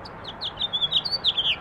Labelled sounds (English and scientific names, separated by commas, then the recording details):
House Finch (Haemorhous mexicanus) song
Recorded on Long Island, New York, on 18 April 2012
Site GC
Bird A